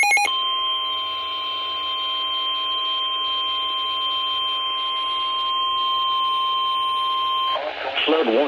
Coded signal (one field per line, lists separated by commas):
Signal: Emergency Alert System (SAME) tones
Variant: 1050 Hz attention tone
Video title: DOUBLE HEADER Flood Warning! (EAS 28 & 29)